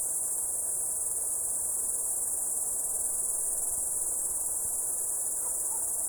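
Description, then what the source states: Crickets trilling constantly at a high, even pitch, with soft background hiss and a faint short note near the end. The recordist's own crickets.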